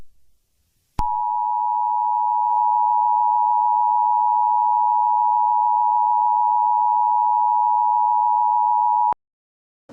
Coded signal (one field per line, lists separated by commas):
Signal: Emergency Alert System (SAME) tones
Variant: 853 and 960 Hz attention tone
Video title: EAS scenario: Virus